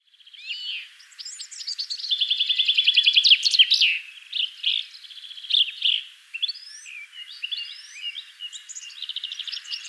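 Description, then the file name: Common chaffinch song: a loud run of rapidly repeated high notes ending in a flourish, among other high chirping birds. "Fringilla coelebs"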